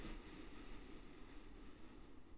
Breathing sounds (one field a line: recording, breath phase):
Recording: one breath near a microphone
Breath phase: inhalation